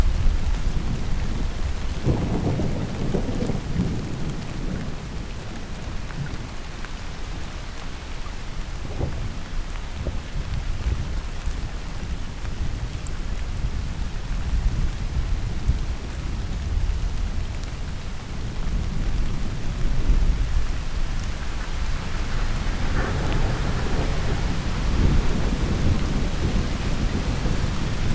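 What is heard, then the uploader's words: Distant thunder rolls low and deep through steady rain, with long rumbles swelling around two to five seconds and again near twenty-two. DISTANT THUNDER • myNoise's Most Successful Natural Soundscape.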